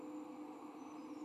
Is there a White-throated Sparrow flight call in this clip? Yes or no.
no